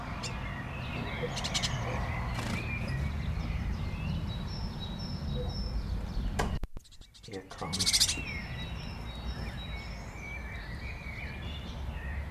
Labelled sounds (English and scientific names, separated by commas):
Great Tit (Parus major) begging call